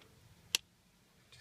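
The ball end of a lock rod is pushed into its lubricated plastic socket on the door lock actuator of a Versa hatchback (part 80500-EL01B), as a fix for a hatch that won't open. A single short, sharp click at 0.6 s marks the ball joint snapping in and seating. Faint background noise follows.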